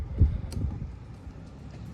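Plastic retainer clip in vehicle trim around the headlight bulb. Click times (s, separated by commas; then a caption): 0.5 s. A small screwdriver is wedged into the top of a plastic retainer clip in the vehicle trim around the headlight bulb and pried up against a low rumbling background. A sharp, brief snap sounds at 0.5 s as the clip pops out and is released.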